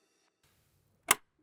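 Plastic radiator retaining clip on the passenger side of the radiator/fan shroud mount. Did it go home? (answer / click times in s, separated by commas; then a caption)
yes / 1.1 s. During a radiator upgrade on a 2007–2013 BMW 335i (E90/E92, 335i xDrive, E82 135i), the plastic retaining clip on the passenger side of the radiator/fan shroud mount is pressed into place. A sharp, bright click at 1.1 s shows the clip snapping home, seated nice and snug, with faint music in the background.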